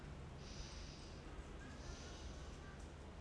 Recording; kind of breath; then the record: one breath in and out by a microphone near the nose and mouth; normal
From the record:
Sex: male